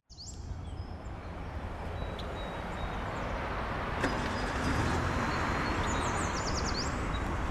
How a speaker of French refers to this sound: J'entends encore les oiseaux, ce qui me fait bien plaisir.